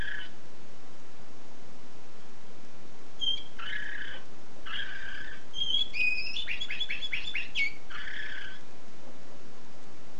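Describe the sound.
Canary singing after three quiet seconds, with buzzy bursts, a bright whistled note and a fast rolling trill, ending around eight and a half seconds.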